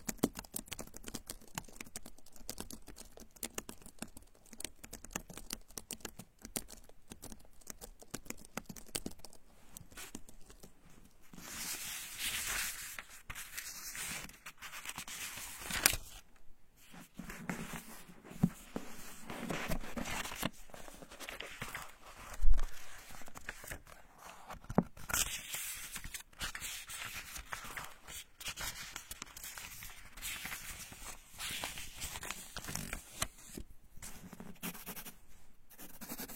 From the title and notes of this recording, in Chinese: 翻书，写字，查文献！